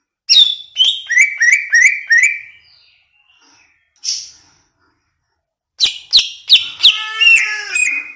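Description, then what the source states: Greater green leafbird giving a fast series of falling whistles, a lone buzzy note, then a dense burst of ringing notes ending in a clear tonal phrase. Cucak ijo from Banyuwangi, described as gacor.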